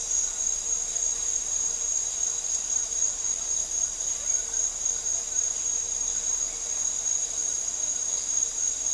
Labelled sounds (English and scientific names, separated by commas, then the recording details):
none
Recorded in dense forest near Puerto Asís, Putumayo, Colombia, on 4 March 2025 at 08:00
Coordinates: 0.467, -76.328
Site G041